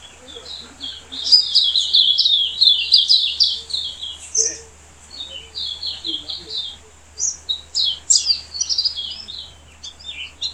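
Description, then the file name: Silvereye warbling song: rapid, high, twittering phrases in bursts with short pauses throughout. Subspecies vegetus. "Zosterops Lateralis Vegetus"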